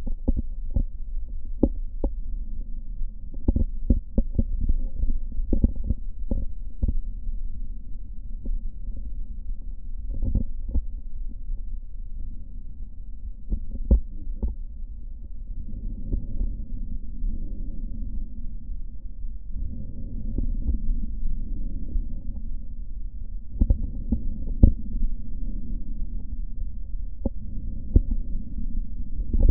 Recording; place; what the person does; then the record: lung sounds by stethoscope; right posterior apical chest; quiet breathing, then deep breathing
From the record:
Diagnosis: none (healthy); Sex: male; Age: 30 years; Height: 190 cm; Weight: 88 kg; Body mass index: 24.4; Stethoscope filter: diaphragm mode